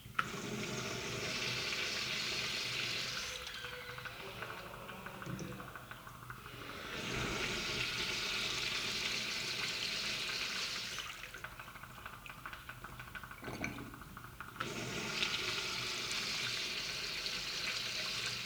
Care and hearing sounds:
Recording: daily activity, guitar pickup as the sensor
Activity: flush

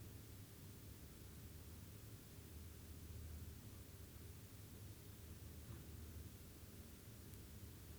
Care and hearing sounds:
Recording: daily activity, guitar pickup as the sensor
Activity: stand

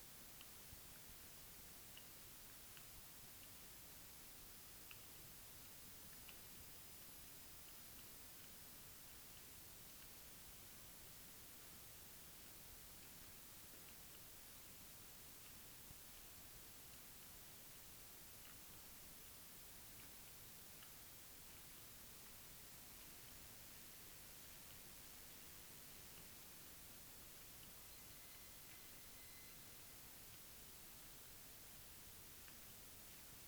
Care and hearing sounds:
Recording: daily activity, guitar pickup as the sensor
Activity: walk

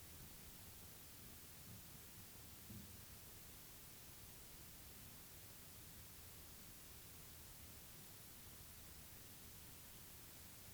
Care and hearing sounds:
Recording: daily activity, guitar pickup as the sensor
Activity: lie down

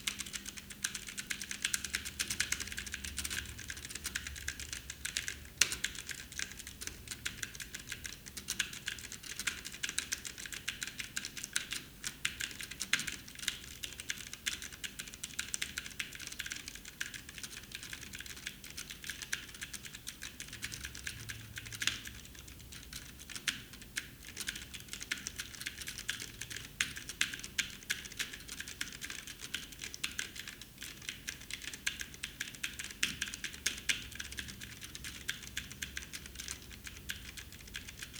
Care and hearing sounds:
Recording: daily activity, guitar pickup as the sensor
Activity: type

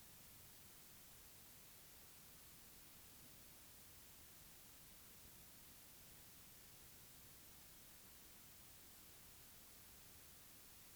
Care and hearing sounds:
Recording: daily activity, guitar pickup as the sensor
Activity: lie down

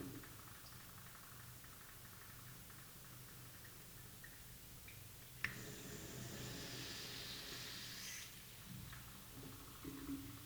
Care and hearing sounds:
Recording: daily activity, guitar pickup as the sensor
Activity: flush

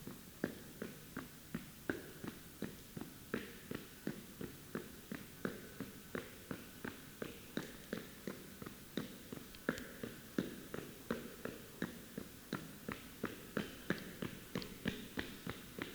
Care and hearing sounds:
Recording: daily activity, guitar pickup as the sensor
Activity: run

